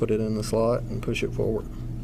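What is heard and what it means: A metal shell stop is handled inside a Mossberg 930 pump shotgun receiver, about to be pushed forward in its slot with a small flat screwdriver. Someone talks throughout, with a low steady hum underneath. The clip ends before the shell stop is pushed home; nothing has seated or clicked yet.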